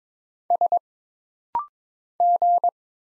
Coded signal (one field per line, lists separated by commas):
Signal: Morse code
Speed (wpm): 22 wpm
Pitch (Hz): 700 Hz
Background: none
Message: S G